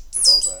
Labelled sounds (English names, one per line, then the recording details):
Stitchbird song
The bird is a male
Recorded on Tiritiri Matangi Island, New Zealand, in 2005
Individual 5, of nest box 6